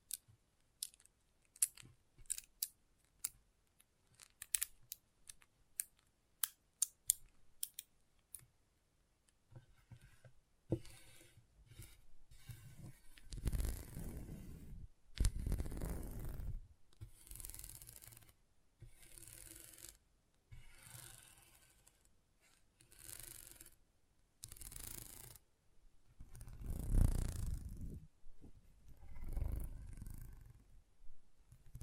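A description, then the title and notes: Magnetic tingles begin as sharp, sparse snips and clicks, then turn into denser rubbing and scraping bursts with low thumps every few seconds. ASMR Intense Magnetic Tingles (No Talking).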